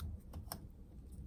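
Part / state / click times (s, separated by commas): wiring harness connector into the rear window regulator motor / seated / 0.5 s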